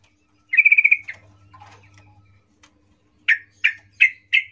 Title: GACOR Ropel Ngalas Pancingan Trucukan Agar Bunyi Jadikan Burung Trucuk